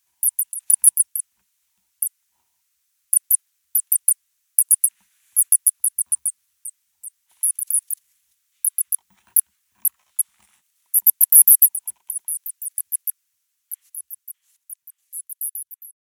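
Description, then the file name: Shrew giving high-pitched squeaky chirps, in bursts and scattered singles throughout, with a dense burst late. "salamandre musaraigne"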